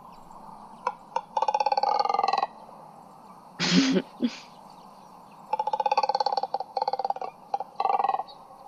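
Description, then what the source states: Double-crested Cormorant calls: rough, rumbling pulsed croaks in two main series, broken by a brief burst of noise in between. Call described as rumbly, like a hungry stomach; situation of calling unknown.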